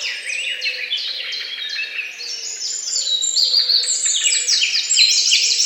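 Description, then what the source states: Birds pour out fast, high chirping phrases that grow louder toward the end, with a faint low repeated sound beneath. Morning bird songs.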